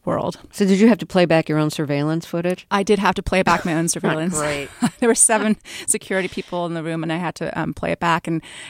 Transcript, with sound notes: So did you have to play back your own surveillance footage?
I did have to play back my own surveillance.
(Laughter) Great.
There were seven security people in the room and I had to play it back,